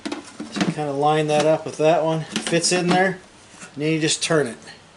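A plastic twist-lock cover is lined up with its notches and lock markings on a vacuum's HEPA filter housing and then turned, while someone talks throughout. Brief handling knocks come at about 0.1 s and 0.6 s, and the clip ends just before the cover locks in place; nothing has seated or clicked yet.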